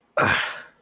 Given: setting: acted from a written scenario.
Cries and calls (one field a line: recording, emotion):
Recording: vocal sound without words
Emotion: anger